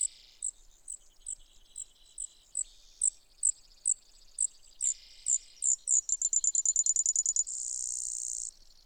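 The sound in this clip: Brewer's sparrow song: slow, evenly spaced high chips speed up into a very fast shrill trill, ending in a long buzzy note.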